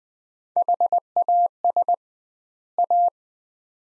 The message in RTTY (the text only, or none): none